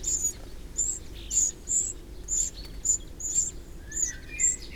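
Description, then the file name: Eurasian wren producing quick, sharp ticking calls in uneven bursts, with a soft whistle from another bird near the end. "Troglodytes troglodytes"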